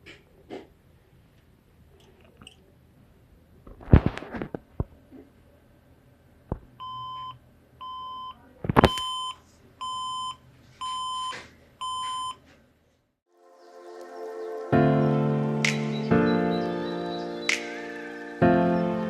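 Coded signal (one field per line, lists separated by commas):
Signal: beep code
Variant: HP workstation BIOS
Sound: handling clicks, then six evenly spaced steady electronic beeps, followed by loud rattling noise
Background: clunks and fan noise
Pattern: 6 short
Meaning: Six beeps signal no display, a corrupted BIOS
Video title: HP z400 Workstation 6 Beeps Red light No display Solution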